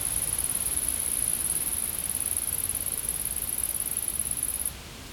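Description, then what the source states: Insect giving a steady, very high-pitched buzzing trill that runs unbroken and then stops shortly before the end, over a soft background hiss. Insects recorded in a field.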